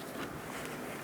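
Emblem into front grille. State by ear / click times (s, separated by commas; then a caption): not seated / none. A plastic name-tag emblem with its clips and pins lined up is handled against the plastic front grille of a 2007-2012 Nissan Altima, ready to be pushed in until its clips click home. Only a steady, even broadband noise is heard for 1.1 seconds with no sharp transients. Nothing has seated or clicked yet.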